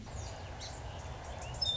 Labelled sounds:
Song Sparrow (Melospiza melodia)
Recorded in Sonoma County, California

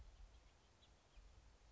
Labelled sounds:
House Finch (Haemorhous mexicanus)
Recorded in Sonoma County, California

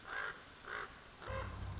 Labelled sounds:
Common Raven (Corvus corax)
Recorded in Sonoma County, California

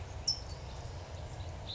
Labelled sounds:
California Towhee (Melozone crissalis)
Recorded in Sonoma County, California

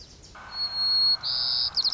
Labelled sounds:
White-crowned Sparrow (Zonotrichia leucophrys)
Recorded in Sonoma County, California

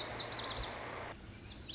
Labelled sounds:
Lazuli Bunting (Passerina amoena)
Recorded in Sonoma County, California

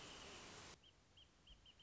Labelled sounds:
Wrentit (Chamaea fasciata)
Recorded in Sonoma County, California

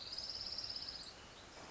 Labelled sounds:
Orange-crowned Warbler (Leiothlypis celata)
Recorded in Sonoma County, California

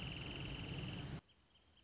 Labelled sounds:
Wrentit (Chamaea fasciata)
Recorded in Sonoma County, California

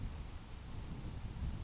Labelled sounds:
Grasshopper Sparrow (Ammodramus savannarum)
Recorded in Sonoma County, California

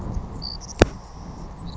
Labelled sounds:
Savannah Sparrow (Passerculus sandwichensis)
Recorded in Sonoma County, California

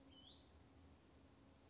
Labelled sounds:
Western Flycatcher (Empidonax difficilis)
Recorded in Sonoma County, California

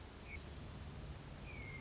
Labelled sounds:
Hermit Thrush (Catharus guttatus)
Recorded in Sonoma County, California

